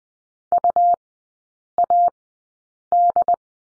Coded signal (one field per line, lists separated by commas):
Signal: Morse code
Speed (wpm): 20 wpm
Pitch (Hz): 700 Hz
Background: none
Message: UAD